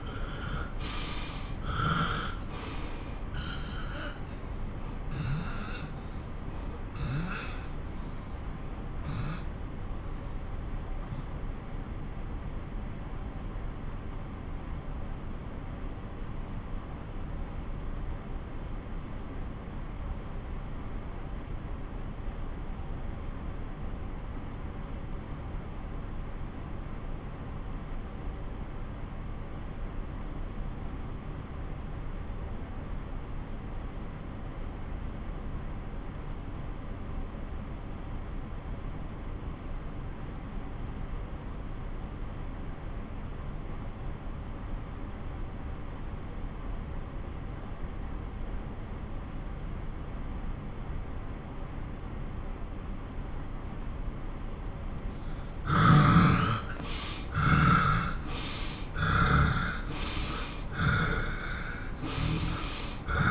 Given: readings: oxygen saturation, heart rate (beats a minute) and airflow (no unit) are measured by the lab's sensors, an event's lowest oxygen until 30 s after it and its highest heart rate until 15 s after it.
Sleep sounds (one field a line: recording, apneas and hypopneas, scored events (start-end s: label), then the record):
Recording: breathing in sleep by a smartphone at the bedside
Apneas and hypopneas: 1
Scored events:
4.00-56.40 s: obstructive apnea (N2, oxygen 96% highest, then 87% lowest)
50.00-63.31 s: new sleep stage, N1 (lightest sleep)
From the record:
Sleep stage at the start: N2 (light sleep)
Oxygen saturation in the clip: 89 to 96%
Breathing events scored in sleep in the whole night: 217 in 6.3 hours asleep